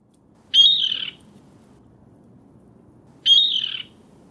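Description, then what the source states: Rail giving two harsh, squawking calls, a few seconds apart, over low background noise. Prattling call.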